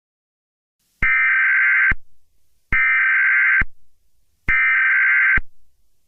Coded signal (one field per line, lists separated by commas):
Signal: Emergency Alert System (SAME) tones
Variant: header bursts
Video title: EAS Scenario: How Summer Turns Fiery